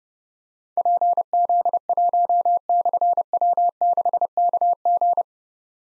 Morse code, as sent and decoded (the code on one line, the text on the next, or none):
.--. --.. .---- -..-. .-- -.... -.- --.
PZ1/W6KG